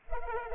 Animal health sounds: mosquito wingbeat signal from an infrared sensor; Culex pipiens

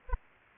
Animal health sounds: mosquito wingbeat signal from an infrared sensor; Aedes aegypti

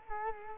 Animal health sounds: mosquito wingbeat signal from an infrared sensor; Culex quinquefasciatus

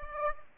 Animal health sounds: mosquito wingbeat signal from an infrared sensor; Aedes aegypti

